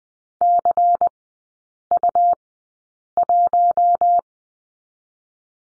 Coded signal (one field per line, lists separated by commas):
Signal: Morse code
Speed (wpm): 20 wpm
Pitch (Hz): 700 Hz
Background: none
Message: CU1